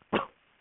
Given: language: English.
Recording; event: throat vibration sensor signal played as sound; cough